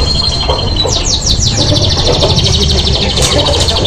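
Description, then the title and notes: Canary song: a fast continuous series of high rolling trills and repeated chirps, over a loud, noisy low rumble throughout. Master song used to stimulate singing birds; canary singing (kicau). "PANCINGAN SUARA MASTERAN KENARI BIKIN BURUNG MAKIN MENGGILA. masteran kicau kenari"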